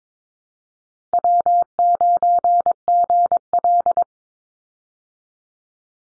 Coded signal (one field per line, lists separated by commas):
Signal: Morse code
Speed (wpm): 22 wpm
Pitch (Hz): 700 Hz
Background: none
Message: W9GL